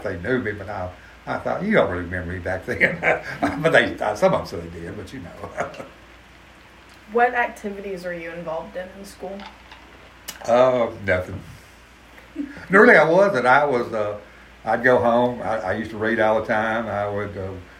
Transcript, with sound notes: Like they knew me when I- I thought, you don’t really remember me back then. (laughs) But they- some of them said they did, but you know (laughs)
What activities were you involved in in school?
Uh- nothing. No really, I wasn't, I was, uh- I’d go home, I- I used to read all the time, I would go